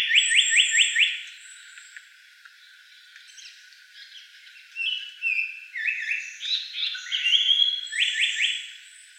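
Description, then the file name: Japanese paradise flycatcher song: a rapid series of four bright repeated notes opens, then a pause, then more fast note runs mixed with high whistled phrases. Recorded 19 May 2017. "sankoutyou M 170519"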